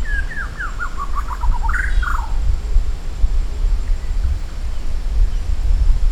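Maratua shama song: a descending run of clear whistled notes followed by a brief rising flourish, over steady low rumbling background noise.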